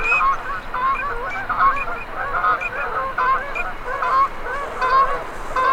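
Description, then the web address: Ducks calling together, many overlapping honking, nasal notes rising and falling in a busy, steady chatter. Male and female migratory ducks. "Male and female migratory ducks. صدای-مرغابی-های-مهاجر-نر-و-ماده"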